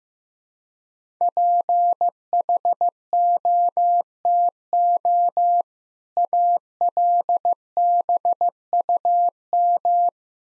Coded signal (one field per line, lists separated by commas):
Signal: Morse code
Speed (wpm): 15 wpm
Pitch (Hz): 700 Hz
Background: none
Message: PHOTO ALBUM